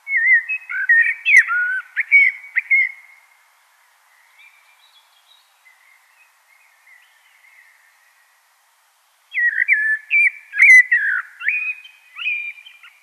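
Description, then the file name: Common blackbird song: two rich, fluty warbled phrases, separated by a long quiet gap with faint twittering. "Turdus merula"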